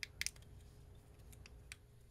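After the coin cell in a Honda car key fob is replaced, the two plastic shell halves are handled and lined up to be pressed back together so the tabs on both sides can snap in. Brief light plastic ticks are heard at about 0.0, 0.2, 0.3 and 1.7 seconds over a low background rumble. Nothing has seated or clicked yet; the clip ends just before the halves go home.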